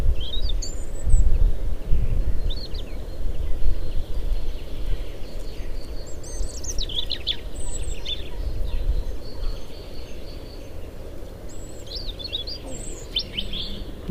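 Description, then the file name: European robin song: sparse, high, wavering phrases and thin whistles at irregular intervals, over loud low-pitched background rumble. "Erithacus rubecula"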